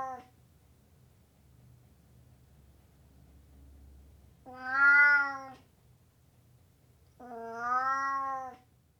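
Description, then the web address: Burmese cat meowing: a clipped meow at the start, then two drawn-out, harmonic-rich meows a few seconds apart over a low background hum. "The BBC Sound Effects Library. Burmese Cat Meowing"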